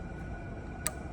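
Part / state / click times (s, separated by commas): valve spring retainer onto engine valve stem / seated / 0.9 s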